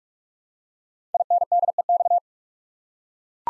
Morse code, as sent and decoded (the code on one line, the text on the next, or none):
.. -. -.. . -..-
INDEX